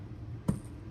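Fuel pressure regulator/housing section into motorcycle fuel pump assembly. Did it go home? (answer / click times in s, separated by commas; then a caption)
yes / 0.5 s. On a Buell XB fuel pump kit install, addressing a bike that starts but idles and dies, the fuel pressure regulator/housing section is pressed into the upside-down motorcycle fuel pump housing against its O-ring. A single short, sharp click sounds at 0.5 s over a faint low background hum, and the part seats.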